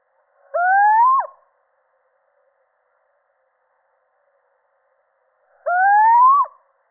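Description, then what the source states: Little owl uttering two long ascending hoots about five seconds apart, each with a quick falling tail, in otherwise quiet surroundings. Male.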